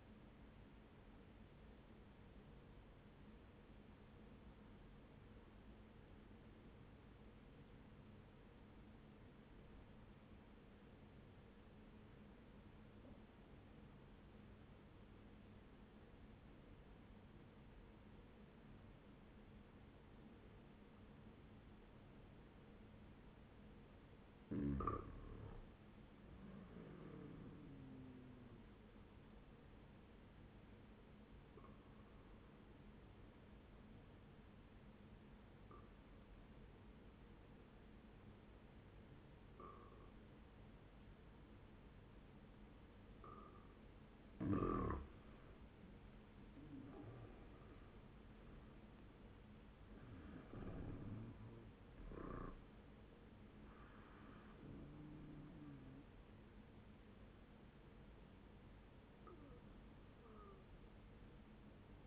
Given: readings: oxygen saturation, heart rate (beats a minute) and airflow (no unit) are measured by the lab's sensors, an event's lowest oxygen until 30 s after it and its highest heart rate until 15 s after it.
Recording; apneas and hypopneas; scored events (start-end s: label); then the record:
breathing in sleep by a voice recorder at the bedside; 1
3.00-24.70 s: obstructive apnea (N1, oxygen 97% highest, then 94% lowest, heart rate 60 at the start, 76 highest)
From the record:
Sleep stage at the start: N1 (lightest sleep); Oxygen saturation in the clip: 92 to 97%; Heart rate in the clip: 60 to 77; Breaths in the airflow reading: 4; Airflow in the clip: -9.8 to 12.1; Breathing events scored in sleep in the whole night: 131 in 7.2 hours asleep